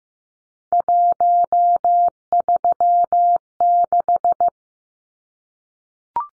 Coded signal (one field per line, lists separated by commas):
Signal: Morse code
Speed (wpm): 15 wpm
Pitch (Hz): 700 Hz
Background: none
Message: 136